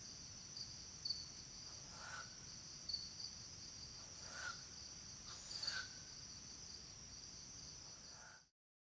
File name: Humes Owl Begging Calls Of Nestlings Soliciting Calls Of Female